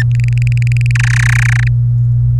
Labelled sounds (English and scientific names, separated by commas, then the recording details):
Domestic Canary (Serinus canaria) song
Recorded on 24 April 2018 at 18:09
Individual llb3